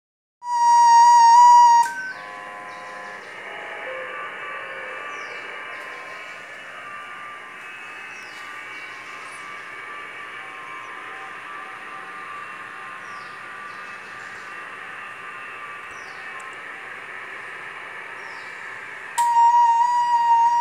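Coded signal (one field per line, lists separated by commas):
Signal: FT8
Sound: loud steady beep, then many soft overlapping warbling tones in hiss, beep again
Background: radio static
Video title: FT8 Worked on 14.074 Mhz usb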